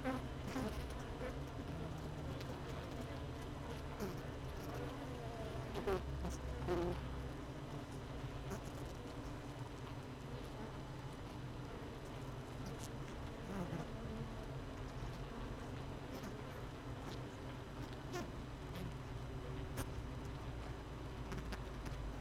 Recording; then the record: honeybee colony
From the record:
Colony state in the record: missing queen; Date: 31 May 2018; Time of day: 17:00